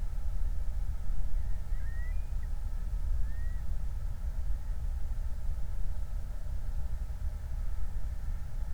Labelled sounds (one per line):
loon
vehicle